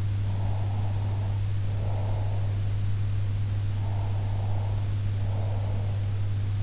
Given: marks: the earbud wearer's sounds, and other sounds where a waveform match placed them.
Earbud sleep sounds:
sounds in sleep by an in-ear microphone; breath
0.28-2.54 s: breath
3.65-6.00 s: breath

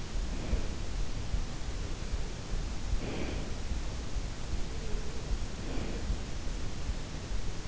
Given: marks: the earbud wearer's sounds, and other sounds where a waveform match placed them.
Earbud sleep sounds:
sounds in sleep by an in-ear microphone; breath
0.21-1.25 s: breath
2.41-4.15 s: breath
5.58-6.67 s: breath

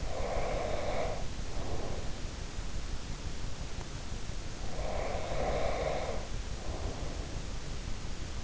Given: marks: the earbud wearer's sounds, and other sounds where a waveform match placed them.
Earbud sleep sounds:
sounds in sleep by an in-ear microphone; breath
0.00-2.17 s: breath
4.74-7.53 s: breath

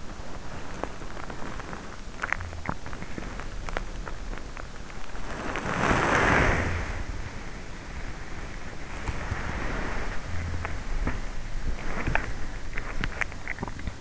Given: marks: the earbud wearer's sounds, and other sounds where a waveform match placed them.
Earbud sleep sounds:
sounds in sleep by an in-ear microphone; body movement, teeth grinding
0.00-13.96 s: body movement
10.56-14.01 s: teeth grinding

